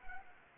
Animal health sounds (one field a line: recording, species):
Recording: mosquito wingbeat signal from an infrared sensor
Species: Anopheles arabiensis